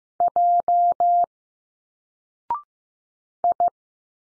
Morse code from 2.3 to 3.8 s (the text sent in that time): I